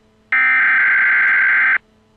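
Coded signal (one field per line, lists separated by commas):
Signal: Emergency Alert System (SAME) tones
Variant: header bursts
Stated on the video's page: Mock 911 telephone outage emergency for Luzerne County.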